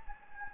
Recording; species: mosquito wingbeat signal from an infrared sensor; Anopheles gambiae